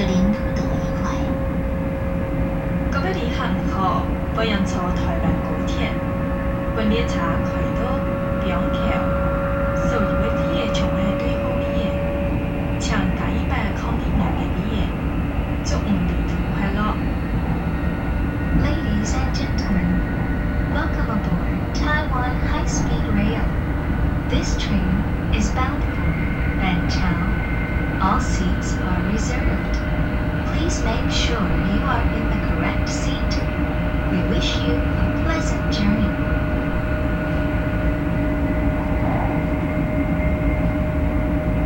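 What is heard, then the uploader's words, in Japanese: Inside a high-speed train in Taiwan, a steady low rumble fills the cabin, with a constant whine running throughout. Quiet voices murmur in the background, and faint clicks and rattles come and go, busier between twenty and thirty-five seconds. 台湾高速鉄路の車内音。列車は板橋行き（当時の起点駅は台北ではなく板橋）。誰もいない車内で録音しています。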